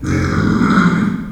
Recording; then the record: squeal of a Yucatan mini pig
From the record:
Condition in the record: after surgery on the right vocal fold (resection and tissue-engineered implant); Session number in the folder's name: 12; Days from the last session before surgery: 105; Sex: female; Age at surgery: 19 weeks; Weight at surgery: 25 kg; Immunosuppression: prednisolone